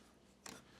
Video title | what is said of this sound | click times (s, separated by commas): M8 Spark Plug Wire Replacement | put your spark plug boot down on there and push down until you feel it click into place. | 0.5 s